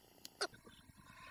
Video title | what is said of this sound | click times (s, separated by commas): Armattan CHAMELEON quadcopter + TBS Unify Pro HV VTX | And a satisfying click, and it goes right on. | 0.4 s